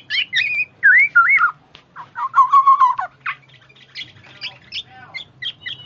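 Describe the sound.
Bird song of varied whistled phrases, some slurred and falling, others short and sharp, with a low steady hum beneath.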